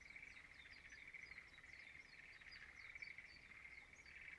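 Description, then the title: Frog chorus, a dense steady trilling drone at one even pitch throughout, with faint rising chirps above it. Frogs singing in a rice field at dawn in Izumo, Shimane, Japan. "Frog singing in the rice field Izumo"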